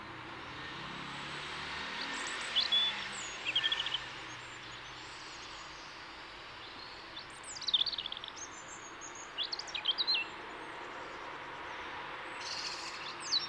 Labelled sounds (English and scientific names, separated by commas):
European Robin (Erithacus rubecula) song